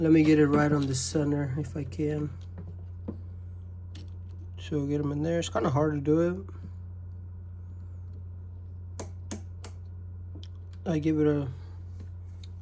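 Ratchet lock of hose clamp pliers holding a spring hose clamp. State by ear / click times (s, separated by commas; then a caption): seated / 9.0 s, 9.3 s, 9.6 s. Someone talks while Snap-on SHCP1B remote ratcheting hose clamp pliers are squeezed on a spring hose clamp, over a steady low hum. The hardened ratchet lock gives three sharp clicks at 9.0, 9.3 and 9.6 seconds as it steps through its stops and holds the clamp open.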